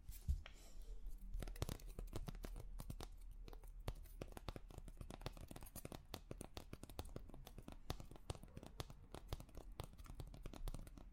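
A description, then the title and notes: Tapping on different objects, a rapid, fairly steady run of sharp clicks and taps that starts after a brief pause and continues to the end. The taps come densely, some louder than others, over a low constant rumble. Ear To Ear Relaxing Tapping on Different Objects（No Talking）.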